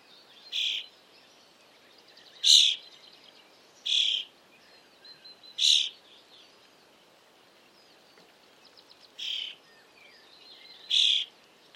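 Eurasian starling calls, a series of short rasping high bursts at irregular intervals, with faint clicks and thin whistled notes between them.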